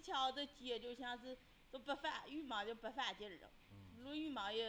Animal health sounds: poultry house recording; no chicken sound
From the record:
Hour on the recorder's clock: 9

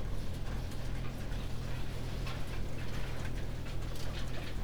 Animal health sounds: poultry house recording; no chicken sound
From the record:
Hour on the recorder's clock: 19

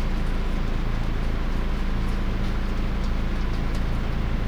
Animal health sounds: poultry house recording; no chicken sound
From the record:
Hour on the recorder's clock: 19

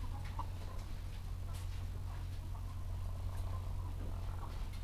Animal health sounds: poultry house recording; sick chickens (respiratory disease)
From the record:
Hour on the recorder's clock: 13

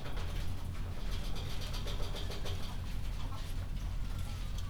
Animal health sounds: poultry house recording; sick chickens (respiratory disease)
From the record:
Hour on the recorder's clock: 21

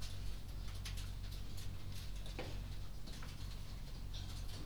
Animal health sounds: poultry house recording; no chicken sound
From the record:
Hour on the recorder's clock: 23

